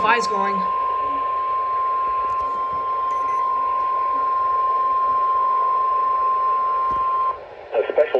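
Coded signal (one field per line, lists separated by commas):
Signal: Emergency Alert System (SAME) tones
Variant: 1050 Hz attention tone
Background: speech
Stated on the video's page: Marine alerts for coastal areas during scattered storms.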